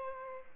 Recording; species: mosquito wingbeat signal from an infrared sensor; Aedes albopictus